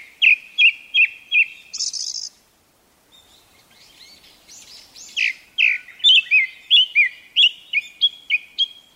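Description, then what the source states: Japanese thrush delivering loud, clear whistles repeated in quick succession, a short break with soft high notes, then a long string of fluting, repeated phrases. Japanese thrush at Togatta Onsen, Miyagi Prefecture, Japan.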